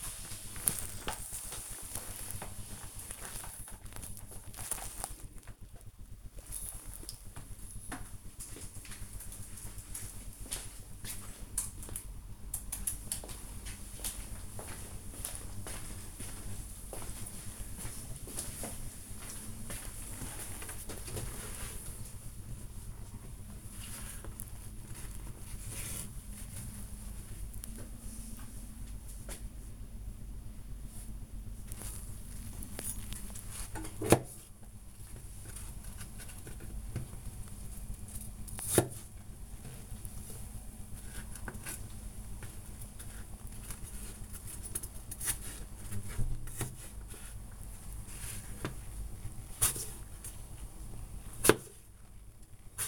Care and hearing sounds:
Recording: household activities, microphone on the right wrist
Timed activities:
0.00-8.46 s: floor cleaning
31.63-52.88 s: cutting vegetables

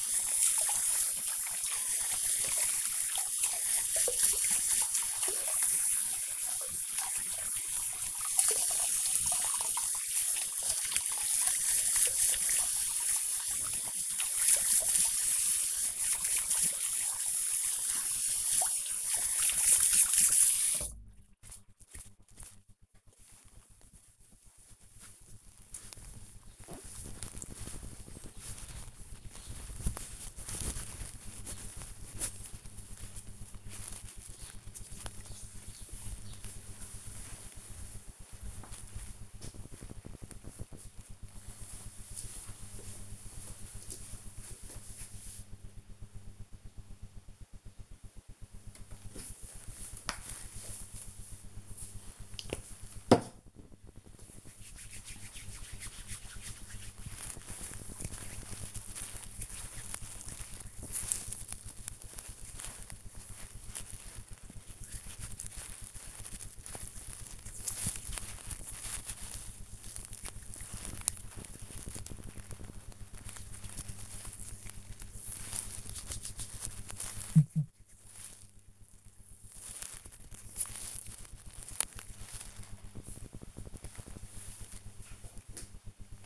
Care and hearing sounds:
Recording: household activities, microphone on the right wrist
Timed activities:
0.00-22.74 s: washing hands
47.91-82.17 s: cream hands

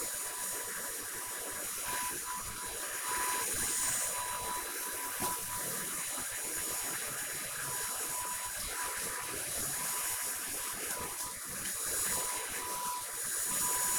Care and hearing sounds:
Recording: household activities, microphone on the right wrist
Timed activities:
0.00-13.99 s: vacuum cleaning

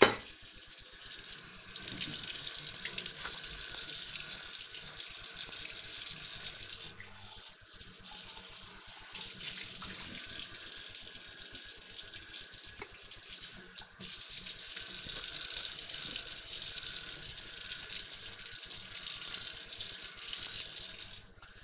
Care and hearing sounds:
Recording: household activities, microphone on the right wrist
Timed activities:
0.00-21.63 s: washing dishes

